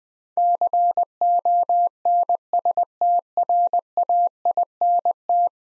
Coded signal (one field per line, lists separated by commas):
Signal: Morse code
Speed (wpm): 20 wpm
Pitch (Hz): 700 Hz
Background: none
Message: CONSTRAINT